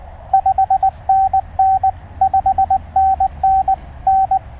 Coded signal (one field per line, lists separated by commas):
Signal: Morse code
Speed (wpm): 19 wpm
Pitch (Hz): 770 Hz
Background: radio noise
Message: 5NN 5NN N